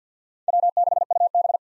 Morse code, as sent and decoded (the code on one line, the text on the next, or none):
.-- -.... ..- -...
W6UB